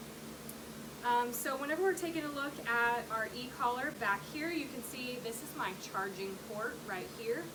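A release button is pressed on a plastic belt clip holder, and an e-collar remote pops out of it with one short, sharp click at 0.5 s. Afterward, a woman talks.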